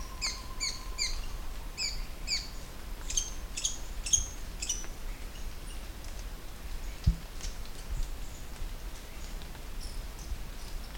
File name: canto do papa moscas de olheiras